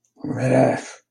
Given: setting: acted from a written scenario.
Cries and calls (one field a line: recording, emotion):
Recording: vocal sound without words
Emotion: contempt